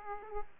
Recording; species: mosquito wingbeat signal from an infrared sensor; Aedes aegypti